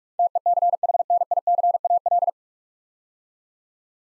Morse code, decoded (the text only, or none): TECHNICAL